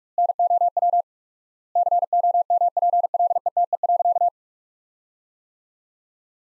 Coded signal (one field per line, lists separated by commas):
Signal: Morse code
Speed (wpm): 46 wpm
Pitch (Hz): 700 Hz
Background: none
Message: NOW COMPLETE.